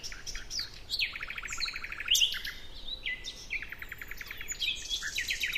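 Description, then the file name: Common nightingale delivering quick runs of evenly repeated notes, a bright slurred whistle, then more rattling series and chirps. "Luscinia megarhynchos"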